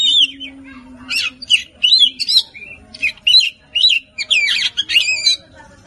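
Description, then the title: Oriental magpie-robin uttering short harsh and whistled notes in quick succession, over a faint hum. "Kacer"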